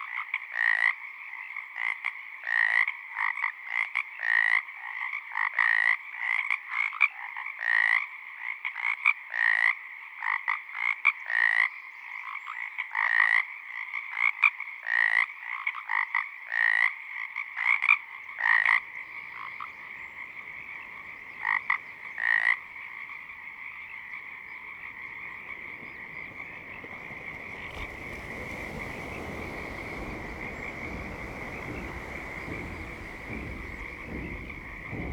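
Frogs call in a fast, regular series of bright pulsing croaks, grouped in bursts roughly every second for the first twenty-two seconds. After that the calls stop and a steady hiss like rain or wind builds, filling the last ten seconds.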